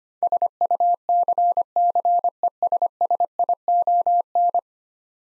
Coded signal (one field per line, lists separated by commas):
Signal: Morse code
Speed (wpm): 25 wpm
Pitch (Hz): 700 Hz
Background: none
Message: SUCCESSION